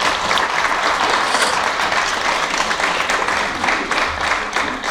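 An audience at a World Poetry Day celebration in Aveiro bursts into sustained applause after a poetry reading, many hands clapping in a dense, steady wash that stays loud and even for about five seconds with no voices breaking through.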